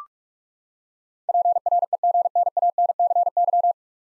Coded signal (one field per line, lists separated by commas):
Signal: Morse code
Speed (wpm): 46 wpm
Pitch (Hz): 700 Hz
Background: none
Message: PREGNANCY